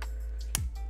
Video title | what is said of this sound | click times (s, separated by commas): Zeus' Paintbrush Prototype Build | don't know if you could audibly hear that click when it was going in but that was very tight | 0.6 s